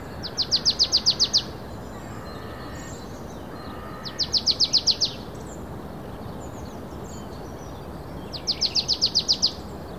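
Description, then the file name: Marsh tit repeating fast rattling strings of high, sharp notes, three bursts roughly every four seconds, set against constant low background noise. "Poecile palustris"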